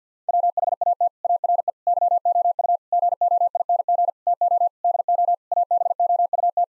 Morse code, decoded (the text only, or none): WHAT ARE YOU GOING TO DO ABOUT